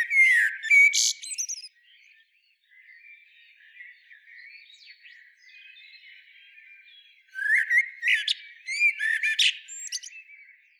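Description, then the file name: Common blackbird: the end of a song phrase with high squeaky notes, a lull with soft twittering, then a second varied phrase. "Turdus merula"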